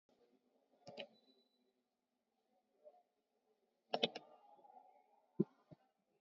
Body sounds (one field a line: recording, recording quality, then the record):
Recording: shallow breathing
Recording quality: poor, much background noise or distortion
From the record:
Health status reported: COVID-19 positive, moderate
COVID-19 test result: positive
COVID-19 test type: RT-PCR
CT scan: taken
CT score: 9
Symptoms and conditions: cough, cold, fever, muscle pain, loss of smell and taste, diarrhoea, hypertension, diabetes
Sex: female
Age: 57 years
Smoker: no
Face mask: worn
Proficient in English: no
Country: India